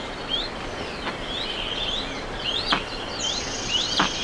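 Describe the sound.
Bird calls with three sharp downward-sweeping notes among high chirps and insect buzzing.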